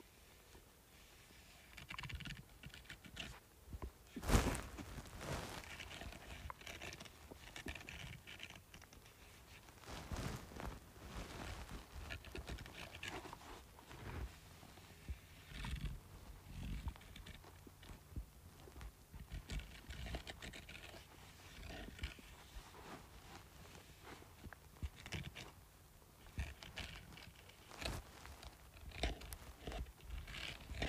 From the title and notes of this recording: Scratching Bumpy Surface.